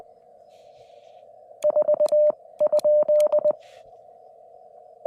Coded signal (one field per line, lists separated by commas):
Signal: Morse code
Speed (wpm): 21 wpm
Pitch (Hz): 590 Hz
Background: radio noise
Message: 4 ?